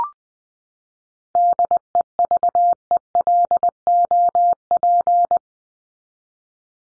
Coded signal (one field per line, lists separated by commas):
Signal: Morse code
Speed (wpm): 20 wpm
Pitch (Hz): 700 Hz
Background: none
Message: DEVELOP